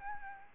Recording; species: mosquito wingbeat signal from an infrared sensor; Aedes albopictus